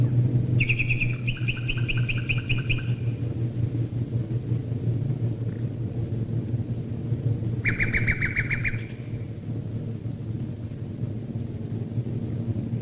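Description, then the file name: Common nightingale delivering two rapid, rattling trilled phrases separated by a long gap, with a heavy low rumbling drone throughout. Nightingales singing while bombers fly over, recorded in 1942. "nightingales and bombers 1942"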